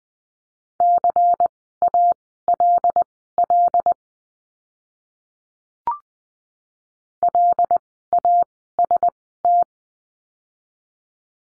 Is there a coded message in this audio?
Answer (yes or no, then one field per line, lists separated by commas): yes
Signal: Morse code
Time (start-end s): 0.8-9.6 s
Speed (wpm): 20 wpm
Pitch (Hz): 700 Hz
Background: none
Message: CALL LAST